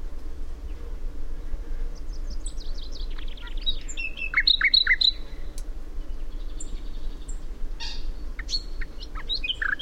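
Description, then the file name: Common nightingale singing a run of rapid notes leading into a few loud repeated notes, followed by softer whistles against a faint low drone. "Luscinia megarhynchos"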